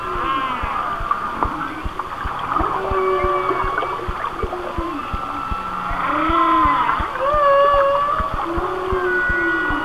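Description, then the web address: Whale song, layered moans sweeping up and down, with bright upward whistles and squeals near the end, over constant clicking. "Whale Songs Whale Songs"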